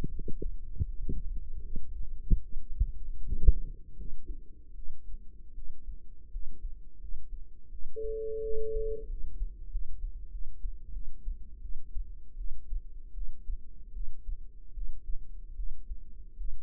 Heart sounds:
heart sounds by microphone in the right ear; 81 bpm
0.09 s: heartbeat
0.84 s: heartbeat
1.60 s: heartbeat
2.40 s: heartbeat
3.21 s: heartbeat
3.95 s: heartbeat
4.74 s: heartbeat
5.53 s: heartbeat
6.30 s: heartbeat
6.99 s: heartbeat
7.70 s: heartbeat
8.41 s: heartbeat
9.07 s: heartbeat
9.70 s: heartbeat
10.30 s: heartbeat
10.92 s: heartbeat
11.61 s: heartbeat
12.36 s: heartbeat
13.13 s: heartbeat
13.92 s: heartbeat
14.73 s: heartbeat
15.55 s: heartbeat
16.36 s: heartbeat
From the record:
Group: healthy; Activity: rest 0-1 s, breath hold 1-17 s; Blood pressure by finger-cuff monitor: 105/69 mmHg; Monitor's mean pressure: 79 mmHg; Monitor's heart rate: 79 bpm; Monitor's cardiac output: 6.3 L/min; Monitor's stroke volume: 78 mL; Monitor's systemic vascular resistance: 930 dyn s/cm5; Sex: female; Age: 19 years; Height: 163 cm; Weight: 48.9 kg

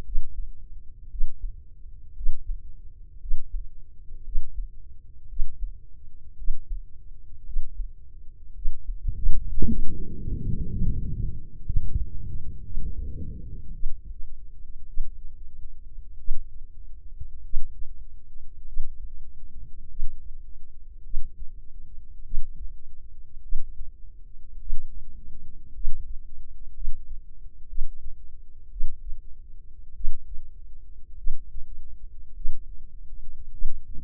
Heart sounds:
heart sounds by microphone in the left ear; 54 bpm
0.04 s: heartbeat
1.09 s: heartbeat
2.15 s: heartbeat
3.20 s: heartbeat
4.24 s: heartbeat
5.28 s: heartbeat
6.36 s: heartbeat
7.44 s: heartbeat
8.53 s: heartbeat
9.65 s: heartbeat
10.70 s: heartbeat
11.65 s: heartbeat
12.63 s: heartbeat
13.72 s: heartbeat
14.86 s: heartbeat
16.16 s: heartbeat
17.42 s: heartbeat
18.64 s: heartbeat
19.87 s: heartbeat
21.01 s: heartbeat
22.22 s: heartbeat
23.40 s: heartbeat
24.57 s: heartbeat
25.71 s: heartbeat
26.72 s: heartbeat
27.65 s: heartbeat
28.68 s: heartbeat
29.93 s: heartbeat
31.15 s: heartbeat
32.33 s: heartbeat
33.50 s: heartbeat
From the record:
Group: healthy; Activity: breath hold 0-8 s, rest 8-34 s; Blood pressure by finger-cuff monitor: 117/75 mmHg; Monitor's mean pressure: 86 mmHg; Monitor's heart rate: 53 bpm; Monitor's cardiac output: 4.4 L/min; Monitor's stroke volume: 86 mL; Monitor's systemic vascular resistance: 1400 dyn s/cm5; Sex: female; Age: 23 years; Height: 160 cm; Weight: 50.4 kg

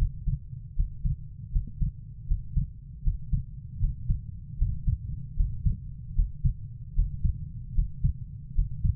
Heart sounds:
heart sounds by stethoscope; 77 bpm
0.75 s: heartbeat
1.52 s: heartbeat
2.27 s: heartbeat
3.03 s: heartbeat
3.80 s: heartbeat
4.57 s: heartbeat
5.36 s: heartbeat
6.15 s: heartbeat
6.95 s: heartbeat
7.74 s: heartbeat
8.54 s: heartbeat
From the record:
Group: healthy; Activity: Valsalva maneuver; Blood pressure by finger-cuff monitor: 122/80 mmHg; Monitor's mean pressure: 92 mmHg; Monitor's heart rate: 77 bpm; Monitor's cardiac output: 5.6 L/min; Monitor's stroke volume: 72 mL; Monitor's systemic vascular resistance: 1210 dyn s/cm5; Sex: female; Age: 24 years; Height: 163 cm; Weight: 55.7 kg

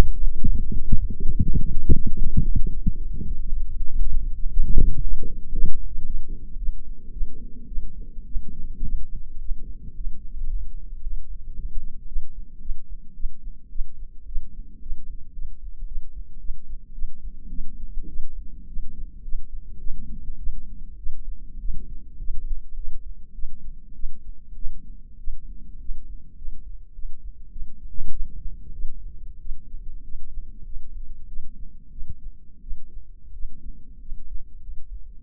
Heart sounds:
heart sounds by microphone in the left ear; 105 bpm
0.41 s: heartbeat
0.92 s: heartbeat
1.43 s: heartbeat
1.94 s: heartbeat
2.45 s: heartbeat
2.96 s: heartbeat
3.48 s: heartbeat
3.98 s: heartbeat
4.50 s: heartbeat
5.02 s: heartbeat
5.53 s: heartbeat
6.05 s: heartbeat
6.58 s: heartbeat
7.12 s: heartbeat
7.67 s: heartbeat
8.26 s: heartbeat
8.83 s: heartbeat
9.40 s: heartbeat
9.96 s: heartbeat
10.49 s: heartbeat
11.02 s: heartbeat
11.54 s: heartbeat
12.07 s: heartbeat
12.60 s: heartbeat
13.15 s: heartbeat
13.70 s: heartbeat
14.26 s: heartbeat
14.81 s: heartbeat
15.34 s: heartbeat
15.87 s: heartbeat
16.40 s: heartbeat
16.93 s: heartbeat
17.49 s: heartbeat
18.08 s: heartbeat
18.68 s: heartbeat
19.23 s: heartbeat
19.79 s: heartbeat
20.38 s: heartbeat
20.97 s: heartbeat
21.59 s: heartbeat
22.19 s: heartbeat
22.76 s: heartbeat
23.34 s: heartbeat
23.94 s: heartbeat
24.55 s: heartbeat
25.18 s: heartbeat
25.79 s: heartbeat
26.37 s: heartbeat
26.94 s: heartbeat
27.51 s: heartbeat
28.11 s: heartbeat
28.73 s: heartbeat
29.40 s: heartbeat
30.03 s: heartbeat
30.65 s: heartbeat
31.27 s: heartbeat
31.91 s: heartbeat
32.61 s: heartbeat
33.33 s: heartbeat
34.00 s: heartbeat
34.61 s: heartbeat
35.22 s: heartbeat
From the record:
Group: healthy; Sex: female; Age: 19 years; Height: 163 cm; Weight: 51 kg

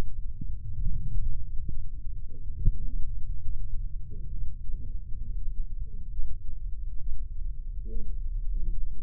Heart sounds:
heart sounds by microphone in the left ear; 68 bpm
0.80 s: heartbeat
1.68 s: heartbeat
2.56 s: heartbeat
3.43 s: heartbeat
4.31 s: heartbeat
5.21 s: heartbeat
6.11 s: heartbeat
7.00 s: heartbeat
7.88 s: heartbeat
8.78 s: heartbeat
From the record:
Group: healthy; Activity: Valsalva maneuver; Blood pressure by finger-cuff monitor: 112/86 mmHg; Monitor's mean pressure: 96 mmHg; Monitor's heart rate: 68 bpm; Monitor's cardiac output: 3.1 L/min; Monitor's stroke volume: 46 mL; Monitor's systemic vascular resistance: 2300 dyn s/cm5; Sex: male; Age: 55 years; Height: 167 cm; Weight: 57.2 kg

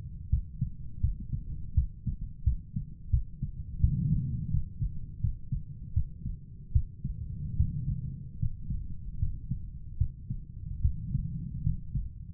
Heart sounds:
heart sounds by stethoscope; 79 bpm
0.30 s: heartbeat
1.01 s: heartbeat
1.74 s: heartbeat
2.44 s: heartbeat
3.10 s: heartbeat
3.80 s: heartbeat
4.51 s: heartbeat
5.21 s: heartbeat
5.93 s: heartbeat
6.72 s: heartbeat
7.56 s: heartbeat
8.39 s: heartbeat
9.19 s: heartbeat
9.98 s: heartbeat
10.81 s: heartbeat
11.63 s: heartbeat
From the record:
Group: healthy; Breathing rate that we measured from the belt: 17 breaths a minute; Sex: male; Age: 35 years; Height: 178 cm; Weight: 64 kg

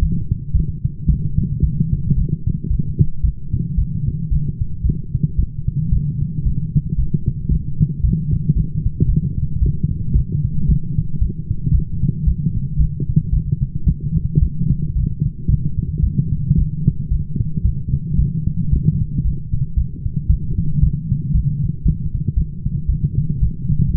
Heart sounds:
heart sounds by stethoscope; 113 bpm
0.54 s: heartbeat
1.07 s: heartbeat
1.61 s: heartbeat
2.15 s: heartbeat
2.68 s: heartbeat
3.22 s: heartbeat
3.76 s: heartbeat
4.30 s: heartbeat
4.83 s: heartbeat
5.37 s: heartbeat
5.91 s: heartbeat
6.44 s: heartbeat
6.97 s: heartbeat
7.49 s: heartbeat
8.02 s: heartbeat
8.55 s: heartbeat
9.07 s: heartbeat
9.60 s: heartbeat
10.14 s: heartbeat
10.67 s: heartbeat
11.19 s: heartbeat
11.72 s: heartbeat
12.25 s: heartbeat
12.78 s: heartbeat
13.31 s: heartbeat
13.85 s: heartbeat
14.40 s: heartbeat
14.94 s: heartbeat
15.48 s: heartbeat
16.01 s: heartbeat
16.56 s: heartbeat
17.10 s: heartbeat
17.63 s: heartbeat
18.17 s: heartbeat
18.71 s: heartbeat
19.23 s: heartbeat
19.75 s: heartbeat
20.28 s: heartbeat
20.81 s: heartbeat
21.33 s: heartbeat
21.84 s: heartbeat
22.35 s: heartbeat
22.87 s: heartbeat
23.40 s: heartbeat
23.93 s: heartbeat
From the record:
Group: healthy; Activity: light exercise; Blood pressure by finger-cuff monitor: 159/96 mmHg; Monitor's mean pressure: 117 mmHg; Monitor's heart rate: 112 bpm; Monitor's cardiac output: 9.3 L/min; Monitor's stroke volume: 82 mL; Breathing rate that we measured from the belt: 28 breaths a minute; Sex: female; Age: 22 years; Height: 161 cm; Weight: 65.5 kg

